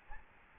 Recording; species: mosquito wingbeat signal from an infrared sensor; Aedes albopictus